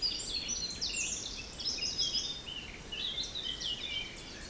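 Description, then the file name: Birds singing in a chorus of high, thin chirps and twittered phrases overlapping throughout, over a low steady rumble of wind. Forest in spring, windy at 3 Beaufort, recorded at 1 pm. "Forest Spring Birds Windy 3 bft 1 pm"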